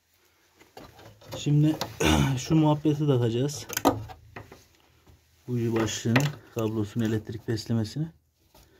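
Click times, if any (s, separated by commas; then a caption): none. A rubber spark plug cap, the ignition lead boot, is being pushed by hand onto the tip of a motorcycle's spark plug while someone talks. Brief handling knocks and rustles are heard between the speech around 3.9 to 4.8 seconds. The clip ends before the cap goes home, so nothing has seated or clicked yet.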